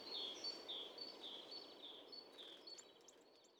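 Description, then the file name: Eurasian nuthatch calling a quick series of short, high whistled notes, several each second, over a background of steady hiss. "Sitta europaea"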